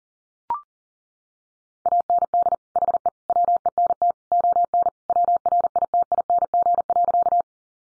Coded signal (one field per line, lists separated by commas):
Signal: Morse code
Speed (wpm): 40 wpm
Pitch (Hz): 700 Hz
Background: none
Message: AND HE WENT ON WRITING.